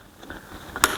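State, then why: Seated. A diesel injector leak-off return pipe connector is pushed onto the injector of a Peugeot 3008, Rifter or Berlingo 1.5 HDi DV5 engine. A couple of faint ticks come first, around 0.3 s and just before 0.8 s, then a sharp, bright click at 0.8 s as the connector seats.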